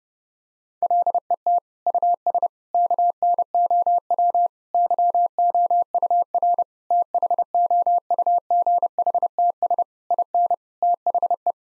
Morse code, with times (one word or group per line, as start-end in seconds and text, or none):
0.8-1.6 LET
1.9-2.5 US
2.7-4.5 KNOW
4.7-6.6 YOUR
6.9-9.8 THOUGHTS
10.1-10.5 IN
10.8-11.5 THE